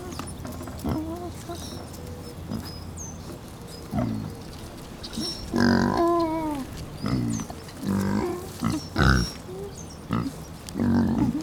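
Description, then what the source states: Pig grunts and squeals: several low grunts, then louder wavering squeals near the middle and end. Piglets, more than one, hanging out.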